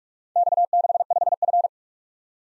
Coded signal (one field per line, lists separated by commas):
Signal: Morse code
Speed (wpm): 44 wpm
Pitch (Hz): 700 Hz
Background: none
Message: X65F